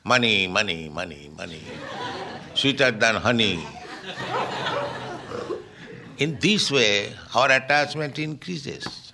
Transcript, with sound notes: Money, money, money, money, sweeter than honey. [laughter] In this way, our attachment increase.